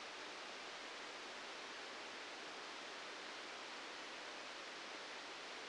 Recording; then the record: brain microelectrode recording played as sound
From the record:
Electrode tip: outside the subthalamic nucleus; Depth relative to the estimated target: 1 mm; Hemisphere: left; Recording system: NeuroSet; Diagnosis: Parkinson's disease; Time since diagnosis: 13 years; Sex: male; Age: 65 years